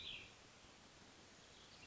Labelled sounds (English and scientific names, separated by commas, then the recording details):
Cassin's Vireo (Vireo cassinii)
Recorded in Sonoma County, California